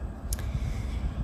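The plastic pump head lock on a Neutrogena face-wash bottle, which stops children from pumping out the product, is turned shut. A sharp, short click at 0.3 s, followed by a fainter tick, marks it locking closed over a low background rumble.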